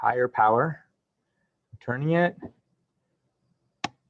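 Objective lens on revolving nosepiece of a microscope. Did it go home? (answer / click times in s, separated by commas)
yes / 3.8 s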